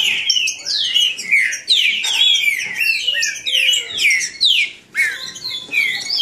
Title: Trinca Ferro NICÃ O No Mato Disputando Com Solto